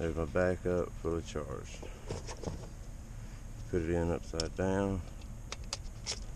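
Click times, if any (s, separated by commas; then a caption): none. A fully charged backup rechargeable battery is being put in upside down into the battery compartment of a GPS survey receiver, part of a setup pairing a Trimble R12 rover with a Spectra 80 base/receiver. Someone talks over soft handling noise, with two sharp short ticks near 5.5 and 5.7 seconds. The battery has not seated or clicked into place yet.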